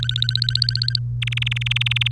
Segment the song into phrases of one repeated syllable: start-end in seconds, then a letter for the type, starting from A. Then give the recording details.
0.00-0.99 A, 1.22-2.11 B. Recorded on 3 May 2018 at 08:36. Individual llb3